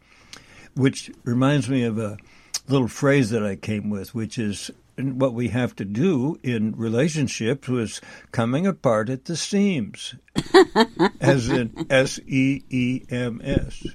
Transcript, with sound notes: which reminds me of a little phrase that I came with which is, uh, what we have to do in relationships was coming apart at the seams.
(laughs)
As in S-E-E-M-S.